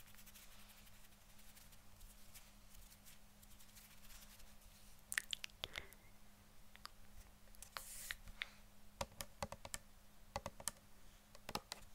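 ASMR tapping: sparse, crisp clicks and taps at an irregular pace, thickening after five seconds, over a faint steady low hum.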